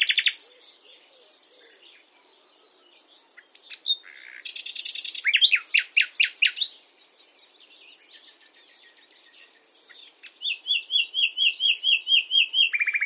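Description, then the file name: Common nightingale song: a high buzzy burst, a quiet varied passage, loud rapid repeated notes, another quiet stretch, then a fast pulsing series ending on a lower note. "Luscinia megarhynchos"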